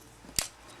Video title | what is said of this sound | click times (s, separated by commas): A Video Review of Transformers Revenge of the Fallen movie toy; Leader Class Megatron | click into place | 0.4 s